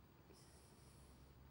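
The main motor cable plug from a 2021 Trek Rail 7 e-bike is handled and pushed toward the speed unlock chip's mating connector, with care taken that the pins line up. Only a steady, breathy hiss is heard, with a brighter high-pitched wash from about 0.3 to 1.3 s. Nothing has seated or clicked yet.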